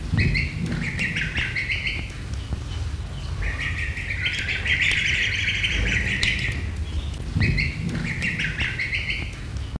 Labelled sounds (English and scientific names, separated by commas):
Bar-headed Goose (Anser indicus) call